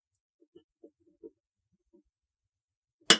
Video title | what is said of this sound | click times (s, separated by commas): The Terminator 2 Action Figure Line! (Part 1) | Whoa, that's a hell of a click. | 3.1 s